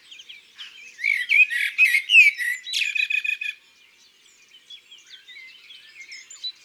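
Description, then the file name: Eurasian magpie letting out a rapid, grating chatter of harsh notes for about two seconds, followed by soft twittering from other birds. Recorded in the countryside. "Pie bavarde Chants doiseaux dans la campagne"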